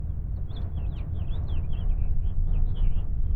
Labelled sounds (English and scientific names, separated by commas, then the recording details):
House Finch (Haemorhous mexicanus) song
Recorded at WGilgo Beach on Long Island, New York, on 22 May 1975
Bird D